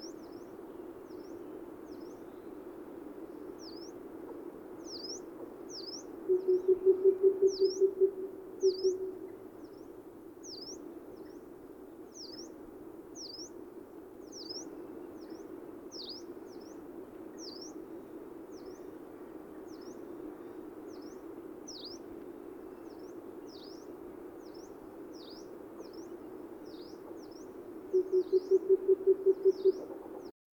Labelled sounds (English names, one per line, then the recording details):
Common Cuckoo song
Yellow-browed Warbler song
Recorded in the wild
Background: Phylloscopus inornatus
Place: Dzhalmyn, MN
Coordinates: 48.166, 107.736
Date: 1979-06-10
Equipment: Nagra III BH, Sennheiser MD 21, parabola
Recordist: Schubert, Michael
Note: Gesang eines weiteren Gelbbrauenlaubsängers; Waldkuckuck